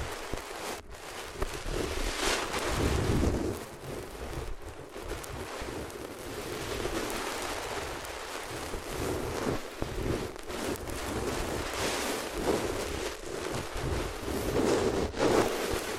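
Rubbing against the ears on different materials makes a dense, scratchy rustle that runs the full sixteen seconds without a break. The texture swells and eases in uneven strokes, with brief sharp drops in the sound near 1, 4.5, 10 and 15 seconds.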